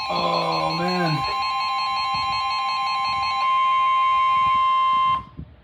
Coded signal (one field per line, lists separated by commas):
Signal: Emergency Alert System (SAME) tones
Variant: 1050 Hz attention tone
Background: speech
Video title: New Apartment + 12-250 Glitch | EAS Alerts from 3/23/25